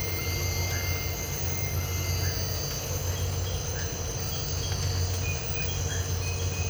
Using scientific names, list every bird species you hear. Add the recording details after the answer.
none. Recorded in dense forest near Puerto Asís, Putumayo, Colombia, on 19 March 2025 at 03:30. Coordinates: 0.468, -76.322. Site GP01